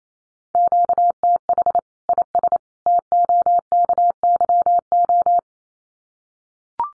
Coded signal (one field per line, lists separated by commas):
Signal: Morse code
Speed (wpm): 28 wpm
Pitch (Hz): 700 Hz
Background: none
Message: QTH IS TOKYO